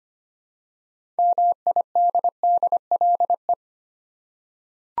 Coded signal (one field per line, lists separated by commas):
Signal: Morse code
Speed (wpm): 25 wpm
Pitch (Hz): 700 Hz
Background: none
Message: MIDDLE